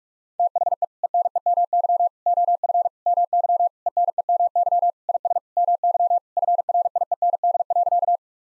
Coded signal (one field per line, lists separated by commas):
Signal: Morse code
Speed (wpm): 46 wpm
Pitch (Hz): 700 Hz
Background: none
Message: THE ENEMY OF MY ENEMY IS MY FRIEND.